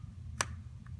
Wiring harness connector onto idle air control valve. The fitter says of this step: hear a slight click and you're good to go